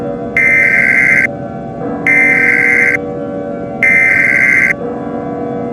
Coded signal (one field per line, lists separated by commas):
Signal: Emergency Alert System (SAME) tones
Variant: header bursts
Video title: EAS Scenario 5: The Christmas War